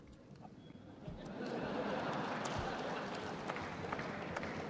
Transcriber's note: laughter